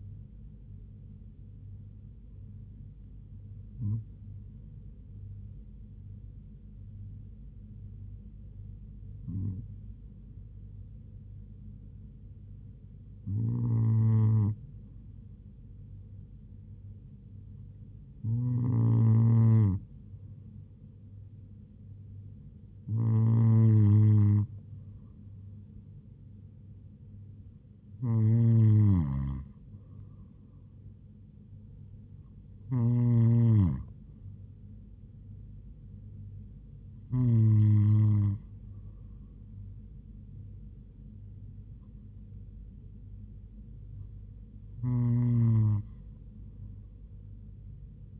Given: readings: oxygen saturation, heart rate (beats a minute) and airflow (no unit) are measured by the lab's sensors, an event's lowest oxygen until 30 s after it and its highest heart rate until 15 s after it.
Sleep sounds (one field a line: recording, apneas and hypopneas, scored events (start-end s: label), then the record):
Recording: breathing in sleep by a smartphone at the bedside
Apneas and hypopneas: none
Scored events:
none scored
From the record:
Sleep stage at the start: N2 (light sleep)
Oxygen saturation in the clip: 96 to 98%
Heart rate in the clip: 69 to 80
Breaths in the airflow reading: 10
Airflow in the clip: -4.2 to 3.7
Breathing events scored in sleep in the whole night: 158 in 7.3 hours asleep